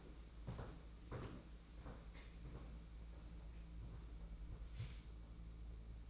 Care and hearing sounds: daily activity, microphone in the room; walk to room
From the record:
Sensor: 1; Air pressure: 992.0 hPa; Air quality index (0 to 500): 215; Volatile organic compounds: 1000 ppm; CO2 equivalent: 8396 ppm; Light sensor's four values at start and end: 22/76/30/29 and 22/78/30/30

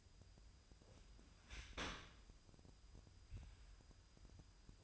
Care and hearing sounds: daily activity, microphone in the room; open dishwasher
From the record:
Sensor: 2

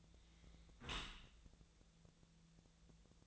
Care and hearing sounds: daily activity, microphone in the room; close dishwasher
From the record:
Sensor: 3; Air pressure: 1000.5 hPa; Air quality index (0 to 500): 174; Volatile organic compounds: 3 ppm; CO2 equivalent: 1507 ppm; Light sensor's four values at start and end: 13/35/13/15 and 13/35/13/15

